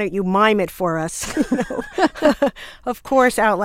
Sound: soundbite of laughter

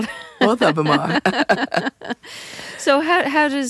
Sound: laughter

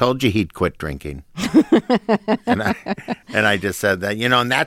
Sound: laughter

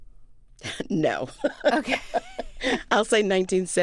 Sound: laughter

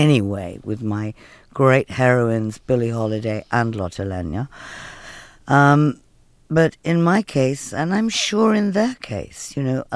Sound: none

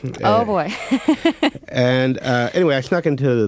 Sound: laughter

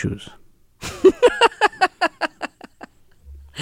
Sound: laughs

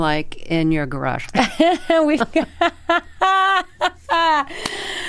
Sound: laughter

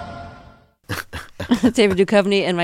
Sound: laughing

